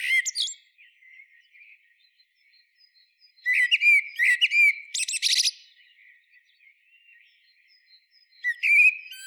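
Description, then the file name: Common blackbird song: a brief squeaky fragment, a quiet gap, then a warbled phrase of fluty notes with a rattling high flourish, and another phrase beginning near the end. "Turdus merula"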